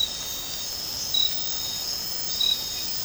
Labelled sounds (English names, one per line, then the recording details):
none
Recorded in dense forest near Puerto Asís, Putumayo, Colombia, on 12 March 2025 at 02:30
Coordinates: 0.467, -76.328
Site G041